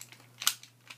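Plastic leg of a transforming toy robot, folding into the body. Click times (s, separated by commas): 0.5 s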